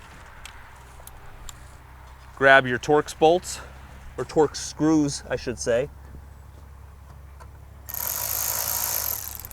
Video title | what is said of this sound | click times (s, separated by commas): 2002-2006 Dodge Ram Taillight Assembly Removal - Tech Tip Tuesday | you'll hear it snap in. That's how you'll know you have it right. | 0.4 s, 1.1 s, 1.5 s